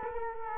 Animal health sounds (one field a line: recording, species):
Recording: mosquito wingbeat signal from an infrared sensor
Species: Culex quinquefasciatus